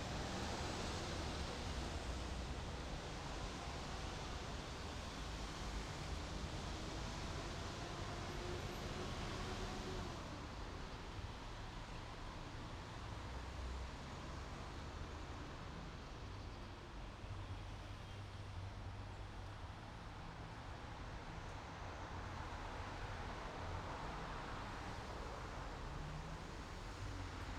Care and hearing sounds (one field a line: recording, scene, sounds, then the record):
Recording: everyday scene through a hearing-aid microphone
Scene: in traffic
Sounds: traffic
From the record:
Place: main city hub, rush hour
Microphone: in the ear canal, right